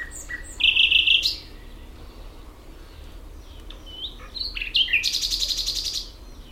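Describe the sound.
Common nightingale song: chunky repeated notes in a quick burst, scattered soft chips, then a long fast rattling series of even pulses.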